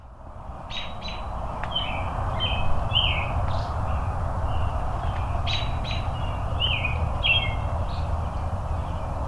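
Robin song of quick, high twittering notes and short downward slurs, partly masked by a strong, steady hiss and rumble.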